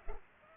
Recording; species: mosquito wingbeat signal from an infrared sensor; Culex pipiens